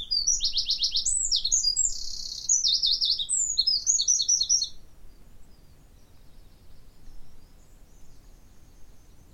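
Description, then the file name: Eurasian wren in full song: an energetic, high, rattling series of trills and chips lasting about five seconds, followed by faint background noise. "Troglodytes troglodytes"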